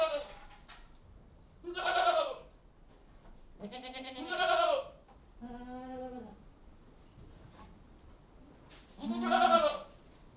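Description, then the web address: Goat bleats, repeated quavering nasal cries every few seconds, some higher and rougher. Livestock in a goat house. "The BBC Sound Effects Library. Goat House"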